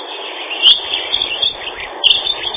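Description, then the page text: Dunnock sings rapid high chirping phrases, one beginning near 0.7 seconds and another near 2 seconds, in a hissy recording. "Лесная завирушка — Prunella modularis"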